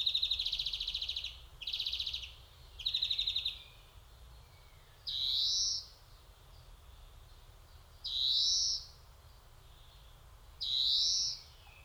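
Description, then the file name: European greenfinch song: three rattling trills in quick succession, then three drawn-out wheezing 'dzweee' notes spaced about three seconds apart. "Chloris chloris"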